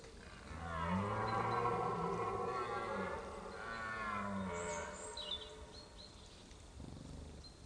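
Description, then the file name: Red deer bellow, a loud, gruff, groaning roar lasting several seconds and slowly falling away, followed by a brief bird chirp. Stag belling during the rut. "brame du cerf"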